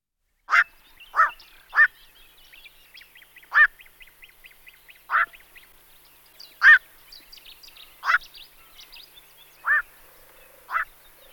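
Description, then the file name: Black-crowned night heron giving short, hoarse quok calls, about nine spaced irregularly over eleven seconds, with faint high chirping between them. "Kvakos nocni Nycticorax nycticorax"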